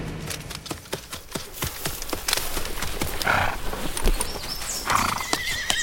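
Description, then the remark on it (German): Horses at a stud farm clip-clop in a steady, busy rhythm of sharp hoofbeats, while two shrill whinnies break through, one midway and another near the end. “Nette Tiere. Gibt's sie auch in klein? 2 Pferde wollen Sie?”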